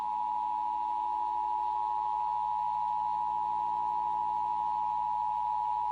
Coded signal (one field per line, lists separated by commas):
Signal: Emergency Alert System (SAME) tones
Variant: 853 and 960 Hz attention tone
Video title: Top 5 Worst EAS Required Monthly Test Audios Ever (PART 1)